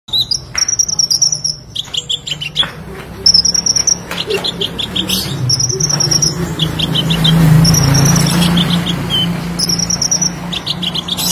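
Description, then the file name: Sunbird song: thin, high chirps and short sharp notes in quick uneven bursts, with a low steady hum underneath. "Kolibri Lebah"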